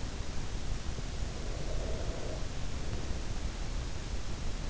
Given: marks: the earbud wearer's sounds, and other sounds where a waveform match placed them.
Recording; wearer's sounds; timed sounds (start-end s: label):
sounds in sleep by an in-ear microphone; breath
0.80-3.20 s: breath